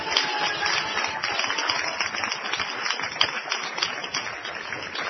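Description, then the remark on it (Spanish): An audience applauding during a sermon: a dense, steady patter of many hands clapping that holds an even level for about five seconds, with no clear voices over it. “No, si le va a aplaudir, no lo engañe.”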